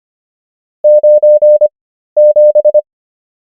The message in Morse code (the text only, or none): 97